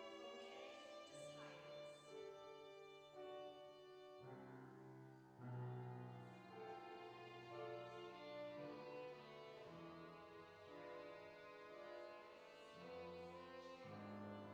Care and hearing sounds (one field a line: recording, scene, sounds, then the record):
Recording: everyday scene through a hearing-aid microphone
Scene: reverberant space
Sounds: music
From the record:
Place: church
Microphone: in the ear canal, left